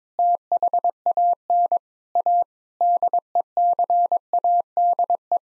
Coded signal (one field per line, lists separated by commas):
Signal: Morse code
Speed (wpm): 22 wpm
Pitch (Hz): 700 Hz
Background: none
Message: THAN A DECADE